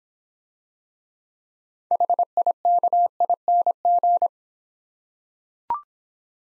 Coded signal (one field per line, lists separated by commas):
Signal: Morse code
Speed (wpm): 26 wpm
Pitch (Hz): 700 Hz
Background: none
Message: HIKING